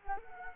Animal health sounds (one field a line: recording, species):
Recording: mosquito wingbeat signal from an infrared sensor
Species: Anopheles arabiensis